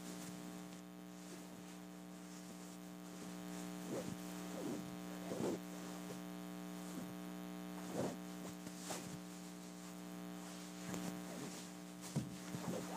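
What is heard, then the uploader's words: A pillow case is scratched and rubbed in short, irregular bursts every second or two over a steady low electrical hum. ASMR Scratch and Rub: Pillow Case.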